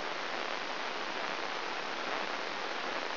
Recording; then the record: brain microelectrode recording played as sound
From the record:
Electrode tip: inside the subthalamic nucleus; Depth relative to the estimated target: 0 mm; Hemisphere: left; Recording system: AlphaMap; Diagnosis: Parkinson's disease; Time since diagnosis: 20 years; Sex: female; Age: 65 years